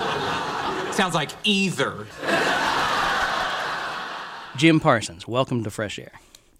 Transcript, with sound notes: Sounds like either.
(Soundbite of laughter)
Jim Parsons, welcome to FRESH AIR.